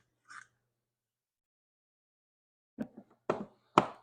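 A rubber plug boot is handled over the tightened spark plug of a Honda EU2200i small inverter generator engine, to be pushed on until it clicks. A brief soft rustle at about 0.4 s is followed by silence, then a cluster of dull knocks and taps from 2.8 s, with the loudest, sharpest knocks near 3.3 s and 3.8 s. Nothing has clicked or seated yet.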